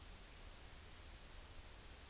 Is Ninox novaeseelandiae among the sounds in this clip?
no